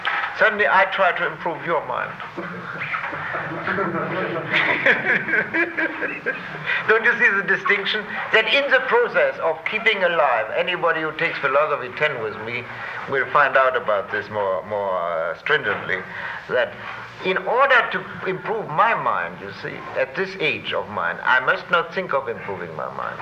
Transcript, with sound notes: Certainly I try to improve your mind. [laughter] Don't you see the distinction? That in the process of keeping alive -- anybody who takes Philosophy 10 with me will find out about this more stringently -- that in order to improve my mind, you see, at this age of mine, I must not think of improving my mind.